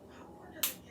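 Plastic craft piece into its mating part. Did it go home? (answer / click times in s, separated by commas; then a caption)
yes / 0.6 s. A plastic outdoor craft piece is pushed into its mating part over a low background hum. A single sharp, bright snap at 0.6 seconds shows it has seated in place.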